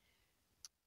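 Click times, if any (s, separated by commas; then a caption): 0.6 s. A left/right car seat adapter for an iCandy Orange 4 pushchair is pressed down into the chassis mount, the same one the seat unit and carrycot go into, with the adapter facing slightly backwards and its rings on the outside. Over a quiet background, a single faint, short, high-pitched click sounds at 0.6 s as the adapter locks into place, and it is seated.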